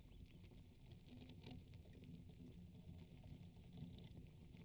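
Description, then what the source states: Ants eating, a continuous fine crackle of tiny clicks and rustles over a low rumbling bed, with a brief cluster of sharper ticks near the middle. Ants feeding on a strawberry in Italy, recorded by Jez Riley French.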